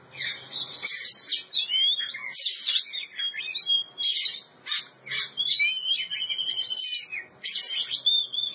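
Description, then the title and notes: Oriental magpie-robin song, dense and varied, mixing harsh scratchy notes with long clear whistles that rise and hold steady, with a few brief pauses. Champion singing bird. "Kicau Burung Kacer Juara. Suara Kicauan Burung Kacer Juara"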